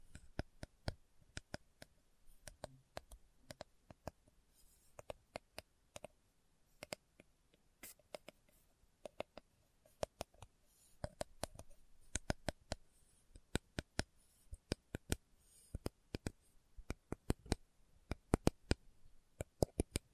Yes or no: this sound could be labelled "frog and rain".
no